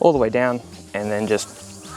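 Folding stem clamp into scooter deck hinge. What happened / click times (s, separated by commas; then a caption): The folding clamp is being handled but has not latched yet / none. Someone talks while the folded stem of a 2024 Dragon Scorpion electric scooter, weighing just over 30 kilos, is raised and pushed all the way down toward its large folding clamp at the deck hinge. No distinct mechanical sound stands out over the talking. The stem is still being handled and nothing has seated or clicked yet.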